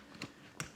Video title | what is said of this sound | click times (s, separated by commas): The JETPACK DROP - My New Ultimate Traveling Event DJ Bag | to secure the snap into place it can be buckled in and it's secure so you don't have to worry about your bag getting lifted | 0.2 s, 0.6 s